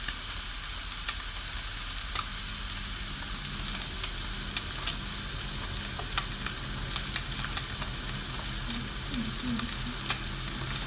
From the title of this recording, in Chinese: 香煎鸡胸